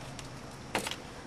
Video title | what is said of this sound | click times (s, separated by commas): JHM Intake Spacer Installation for B6-B7 S4 and C5 allroad-A6 40v V8 | just pop right off they're held on there's one two three | 0.8 s